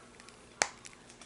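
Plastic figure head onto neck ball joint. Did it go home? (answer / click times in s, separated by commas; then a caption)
yes / 0.6 s. An action figure's plastic head, which had been taken off, is popped back onto its neck ball joint. It seats with one sharp, loud snap at 0.6 s, which is called a satisfying sound. A few faint ticks come before and after it.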